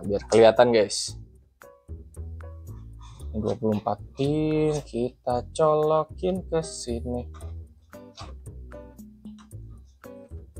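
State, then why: Not seated. Someone talks over background music while handling the plastic 24-pin ATX power connector of a 1stPlayer NGDP 750W ATX 3.1 power supply and bringing it to the motherboard socket, with several small sharp ticks in between. The clip ends before the connector goes home; nothing has seated or clicked yet.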